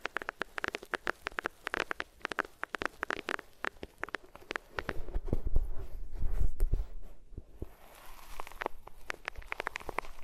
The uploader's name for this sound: Rubbing Your Ears on Different Materials